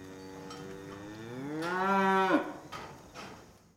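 Cow mooing: one drawn-out moo that swells and rises in pitch, then breaks off abruptly, with faint knocks and rustling afterwards.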